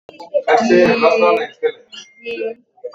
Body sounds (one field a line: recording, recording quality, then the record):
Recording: sustained vowel as in beet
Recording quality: moderate, slight background noise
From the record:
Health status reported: exposed to COVID-19, no respiratory illness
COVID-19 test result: negative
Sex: female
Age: 54 years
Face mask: not worn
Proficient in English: yes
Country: India